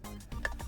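A stubborn plastic slider mechanism on a transforming toy figure is pushed until it locks. A low shuffling rise at 0.3 s leads to a sharp, bright click at 0.5 s as the slider joint seats into place.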